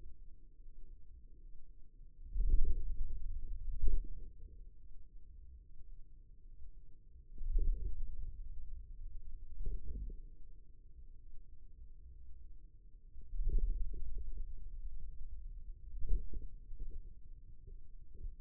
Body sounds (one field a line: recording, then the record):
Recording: forearm muscle sounds (acoustic myography)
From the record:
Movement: wrist extension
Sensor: system 2, bracelet of six BSWA MPA416 microphones around the upper forearm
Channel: 3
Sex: male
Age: 22 years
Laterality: right